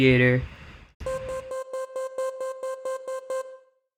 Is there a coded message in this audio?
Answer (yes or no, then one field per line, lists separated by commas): no